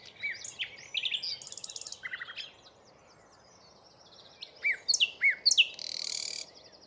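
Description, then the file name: Common nightingale song mixing quick trills and chattering notes with a series of loud whistled notes and a closing harsh buzzy burst. "Luscinia megarhynchos"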